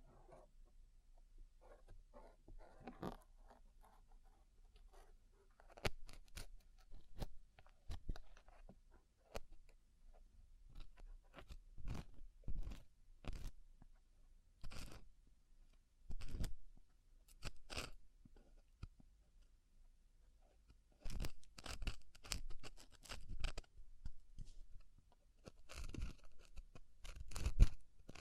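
An ASMR ear-cleaning session of crisp, crackly scratching and rubbing sounds arriving in short bursts, some sharp clicks among them. Quieter, sparse rustling fills the first five seconds, then denser clusters follow with brief pauses, the loudest snap near twenty-eight seconds.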